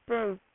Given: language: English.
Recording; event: throat vibration sensor signal played as sound; speech